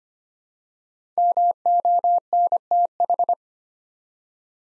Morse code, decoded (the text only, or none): MONTH